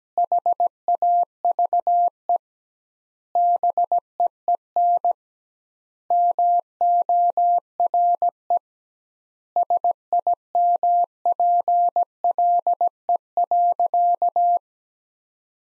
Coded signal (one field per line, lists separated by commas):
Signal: Morse code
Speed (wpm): 17 wpm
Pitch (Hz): 700 Hz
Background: none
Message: HAVE BEEN MORE SIMPLE.